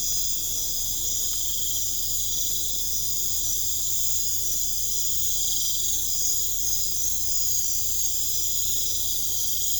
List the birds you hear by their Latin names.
none